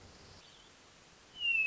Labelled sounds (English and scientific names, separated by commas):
Hermit Thrush (Catharus guttatus)